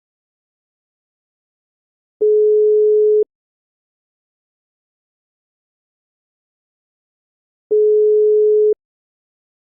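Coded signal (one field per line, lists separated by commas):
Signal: telephone call progress tone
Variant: Europe, 425 Hz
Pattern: ringback tone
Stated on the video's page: Colombian ringing/ringback tone: 400 Hz, cadence 1.0 s on, 4.5 s off.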